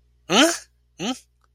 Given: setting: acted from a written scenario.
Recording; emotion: vocal sound without words; confusion